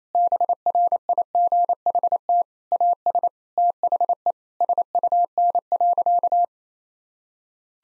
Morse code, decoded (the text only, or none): BRIGHT AS THE SUN.